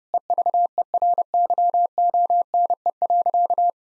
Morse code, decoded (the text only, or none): EVERYONE.